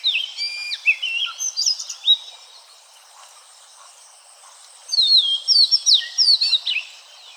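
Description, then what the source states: Oriental magpie-robin song in two bursts of varied, sweet whistled phrases with quick slurred and trilled notes, separated by a pause of nearly three seconds, over a steady high insect hiss. Recorded at Seenuggala, Udawalawe, Sri Lanka, on 15 August 2012.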